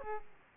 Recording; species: mosquito wingbeat signal from an infrared sensor; Aedes aegypti